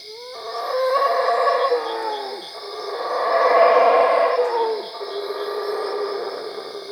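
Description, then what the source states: Howler monkey howling, deep rough roars swelling and fading in long waves, loudest midway, over a steady high insect drone. At Cuevas.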